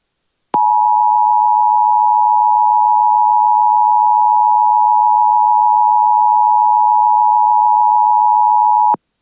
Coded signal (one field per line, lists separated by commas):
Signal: Emergency Alert System (SAME) tones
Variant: 853 and 960 Hz attention tone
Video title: EAS Scenario #13: Invasions Galore, Pt 1: Breaking Point